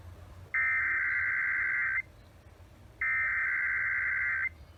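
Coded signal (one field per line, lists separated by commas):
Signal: Emergency Alert System (SAME) tones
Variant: header bursts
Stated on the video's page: Required Monthly Test from Southern Oregon.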